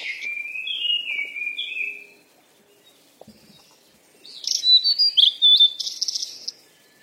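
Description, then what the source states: Birds chirping: a run of high sliding chirps for about two seconds, a quiet pause, then a busy burst of rapid high twittering notes. Birds at play.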